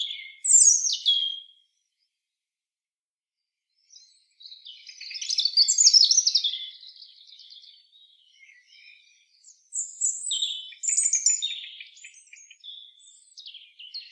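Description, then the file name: European robin song in long, high, rapid phrases of liquid trills and thin whistles, pausing up to about two seconds between bursts, no other sounds. "Erithacus rubecula"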